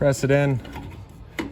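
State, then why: Seated. Someone talks as a battery disconnect key on a 2021 Wildwood 33TS trailer is lined up with the notch in its keyway port, pressed in and turned clockwise. A sharp click at 1.4 s shows the key seating in place, connecting the trailer batteries so they can charge and run the 12-volt system.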